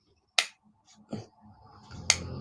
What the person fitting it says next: it just snaps into place and holds it nothing you can do to get it off